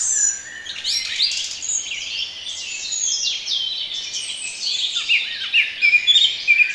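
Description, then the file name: Birds chirp and trill rapidly together in a thick high chorus, with a few sharp whistles toward the end. Relaxation recording of bird sounds. "relaksacja odglosy ptakow"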